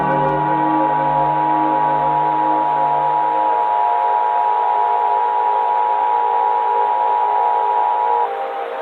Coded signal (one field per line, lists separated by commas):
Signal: Emergency Alert System (SAME) tones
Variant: 853 and 960 Hz attention tone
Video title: EAS SCENARIO/ANALOG HORROR - Crash FM Catastrophe (4:3 Edition)